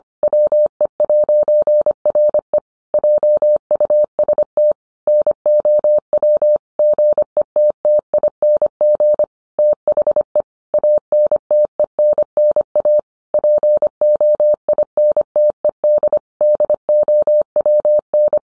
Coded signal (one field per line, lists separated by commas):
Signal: Morse code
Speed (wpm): 25 wpm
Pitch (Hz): 600 Hz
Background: none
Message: WE'RE JUST NOW GETTING THE ANTENNA POINTED DOWN